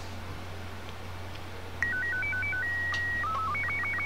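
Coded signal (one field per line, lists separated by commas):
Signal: SSTV (slow-scan television)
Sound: clean stepping melody of tones, long steady tone, then quick low warbling header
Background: low mains hum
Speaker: here's gonna be a TV signal so let me see if this actually works well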